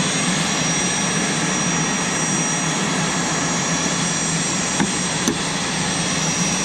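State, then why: Seated. After checking the engine oil, the oil access door on the engine cowling of a Grumman Tiger light aircraft is closed and its latches are locked. Over a steady broadband hum, a sharp latch click sounds at 5.3 s as the door locks shut.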